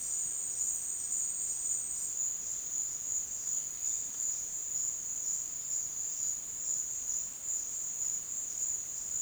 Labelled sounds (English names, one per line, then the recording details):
none
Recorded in secondary vegetation near Puerto Asís, Putumayo, Colombia, on 29 June 2025 at 12:30
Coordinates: 0.485, -76.322
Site GP06